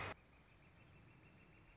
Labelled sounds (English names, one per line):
Northern Flicker